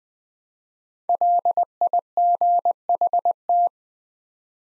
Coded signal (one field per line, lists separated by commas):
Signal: Morse code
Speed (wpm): 20 wpm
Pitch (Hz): 700 Hz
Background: none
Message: LIGHT